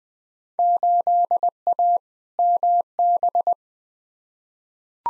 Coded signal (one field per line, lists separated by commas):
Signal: Morse code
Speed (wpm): 20 wpm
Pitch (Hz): 700 Hz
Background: none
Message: 8A MB